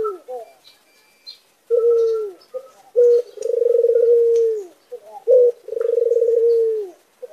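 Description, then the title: Barbary dove delivering repeated coos, each a short note followed by a long tremulous purr that dips at the end, with scattered faint high chirps. White Barbary dove; recording made for training songbirds. "Masteran Burung Puter Putih"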